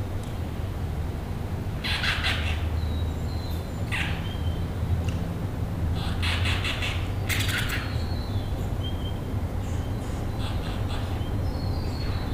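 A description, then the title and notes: Inside a disused rail tunnel, a steady low rumble fills the space while short, bright chirping bursts from bats flicker in and out, clustering around two, four, six and seven seconds. Faint thin high squeaks trail between them, echoing slightly. Micro bat (large footed myotis bat) sounds and voice reflections from inside the disused (since 1932) Dularcha Rail Tunnel, Mooloolah, Queensland, Australia. 32 bit float 192 kHz downsampled to 24bit/192kHz on a Zoom F3 with an Audio Technica BP4025 stereo microphone.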